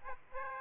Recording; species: mosquito wingbeat signal from an infrared sensor; Aedes aegypti